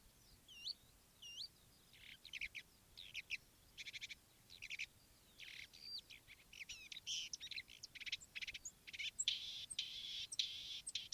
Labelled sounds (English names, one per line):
Marsh Warbler